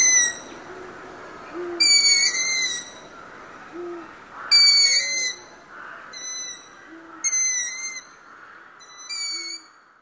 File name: owl longeared sound